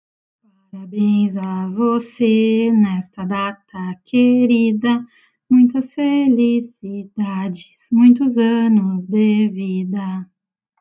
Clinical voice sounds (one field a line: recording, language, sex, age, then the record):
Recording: short text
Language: Brazilian Portuguese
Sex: female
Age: 30 to 39 years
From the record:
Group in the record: control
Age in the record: 34 years